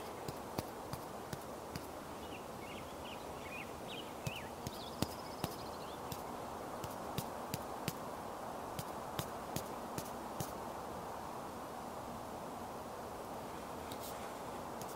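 Makeup being done outdoors: sharp little clicks and taps of cases and tools come every second or so, up close. Behind them runs a steady low hum of distant traffic, and a few bird chirps sound early on.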